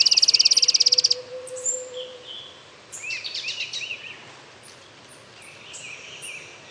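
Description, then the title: Streak-capped antwren: a high, rapid buzzy trill stops after about a second, followed by scattered arched notes and chips. "LuckyPassaro Completos2Sama. Streak-capped Antwren (Terenura maculata)"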